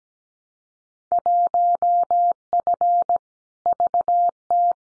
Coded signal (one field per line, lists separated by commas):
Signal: Morse code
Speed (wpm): 17 wpm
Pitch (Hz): 700 Hz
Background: none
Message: 1F VT